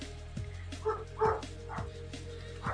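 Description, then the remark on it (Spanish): Dogs bark in a quick, uneven series of about five sharp, mid-pitched yaps, spaced roughly half a second apart, with no one talking over them. “Perros, ¿de quién son los perros?”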